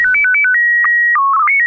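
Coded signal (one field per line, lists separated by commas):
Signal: SSTV (slow-scan television)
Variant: PD 120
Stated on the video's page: SSTV images sent with MMSSTV on a weekly SSTV net via an FM repeater on 441.300 MHz, Sacramento, CA.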